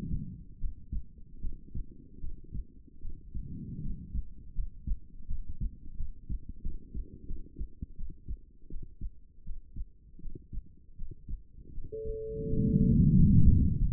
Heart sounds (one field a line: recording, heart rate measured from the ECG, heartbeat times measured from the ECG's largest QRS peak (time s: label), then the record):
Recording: heart sounds by stethoscope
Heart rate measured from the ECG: 82 bpm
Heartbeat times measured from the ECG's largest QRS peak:
0.58 s: heartbeat
1.40 s: heartbeat
2.19 s: heartbeat
3.00 s: heartbeat
3.80 s: heartbeat
4.53 s: heartbeat
5.26 s: heartbeat
5.96 s: heartbeat
6.61 s: heartbeat
7.26 s: heartbeat
7.96 s: heartbeat
8.69 s: heartbeat
9.44 s: heartbeat
10.20 s: heartbeat
10.96 s: heartbeat
11.72 s: heartbeat
12.47 s: heartbeat
13.14 s: heartbeat
13.77 s: heartbeat
From the record:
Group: healthy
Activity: rest 0-11 s, Valsalva maneuver 11-14 s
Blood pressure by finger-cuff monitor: 114/64 mmHg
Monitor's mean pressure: 82 mmHg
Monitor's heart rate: 80 bpm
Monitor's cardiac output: 7.5 L/min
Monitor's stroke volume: 97 mL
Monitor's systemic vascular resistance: 810 dyn s/cm5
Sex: female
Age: 23 years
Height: 160 cm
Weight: 50.4 kg